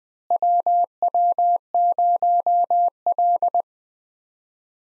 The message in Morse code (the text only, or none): WW0L